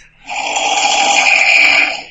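A single long, harsh, hissing snore from an adult sleeper, lasting about two seconds, loud and rasping, played back from a phone snoring app.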